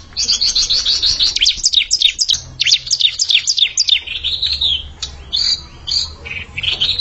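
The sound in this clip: Bar-winged prinia song: fast runs of sharp, high chirping notes with brief pauses.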